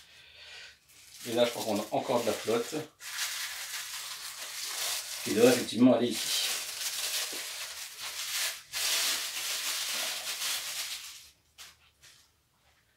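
Someone talks while holding the water scenery element of a Haohmaru 1/4 scale statue diorama from SNK's Samurai Shodown license by Kinetiquettes, working out where and how it fits on the base. Steady hissing rubbing and handling noise of the piece runs from about 3 to 11 seconds, then fades to near silence. Nothing has seated or clicked yet; the piece is only being lined up before it is pushed home.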